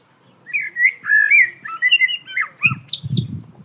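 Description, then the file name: Common blackbird giving a continuous run of mellow, warbled whistles, ending with a few low rustling thumps. "Turdus merula"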